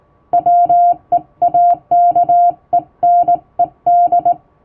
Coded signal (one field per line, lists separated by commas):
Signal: Morse code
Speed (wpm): 20 wpm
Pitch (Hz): 700 Hz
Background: music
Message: WEAKENED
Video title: 4月27日はモールス符号の発明者サミュエル・モールスの誕生日！やっぱりＣＷは縦振り電鍵で叩きたい！今年のＧＷはモールス信号をマスターしよう！(Happy Morse Code Day 2023！)